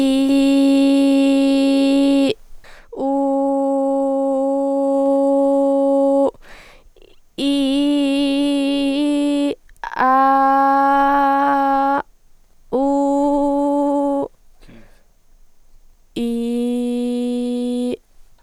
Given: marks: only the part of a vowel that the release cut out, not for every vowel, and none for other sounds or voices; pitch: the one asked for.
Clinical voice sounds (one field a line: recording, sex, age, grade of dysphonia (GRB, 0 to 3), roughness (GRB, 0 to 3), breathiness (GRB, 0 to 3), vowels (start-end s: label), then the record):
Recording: sustained vowels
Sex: female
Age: 20 to 29 years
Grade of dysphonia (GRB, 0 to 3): 0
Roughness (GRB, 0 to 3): 0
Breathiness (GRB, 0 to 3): 0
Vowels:
0.00-1.99 s: vowel /i/, normal pitch
3.30-5.30 s: vowel /u/, normal pitch
7.49-9.41 s: vowel /i/, high pitch
10.08-11.90 s: vowel /a/, high pitch
12.82-14.17 s: vowel /u/, high pitch
16.26-17.85 s: vowel /i/, low pitch
From the record:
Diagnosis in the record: healthy voice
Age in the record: 20 years